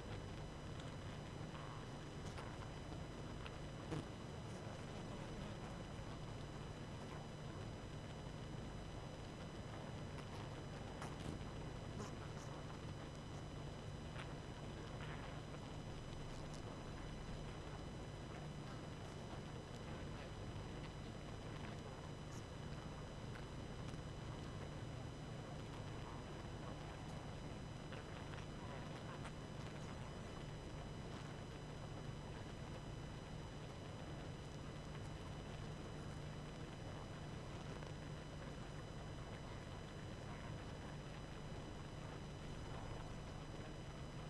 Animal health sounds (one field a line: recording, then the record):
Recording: honeybee colony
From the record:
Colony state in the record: active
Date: 12 June 2018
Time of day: 21:50